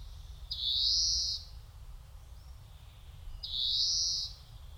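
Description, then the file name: European greenfinch uttering two long, harsh, buzzing wheezes about three seconds apart, each held steady for nearly a second, with a faint low hum underneath. "Chloris chloris"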